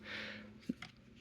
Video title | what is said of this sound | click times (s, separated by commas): TaylenGrow Baby Bassinet with Wheels Review | and drop it to whichever number you want, and then you let go, and you'll hear it like click into place, and then wherever it's circled, that's the height it is. | 0.8 s